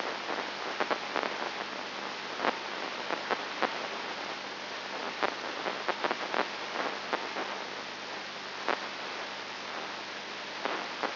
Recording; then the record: brain microelectrode recording played as sound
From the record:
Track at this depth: inside the subthalamic nucleus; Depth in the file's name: 5.101 mm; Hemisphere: left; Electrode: 2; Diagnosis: Parkinson's disease